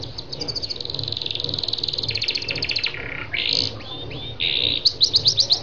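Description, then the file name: Lancashire canary song with a fast, even trill of high notes, a lower rolling phrase, whistles and closing bursts of sharp chirps. "canto do canario lancashire"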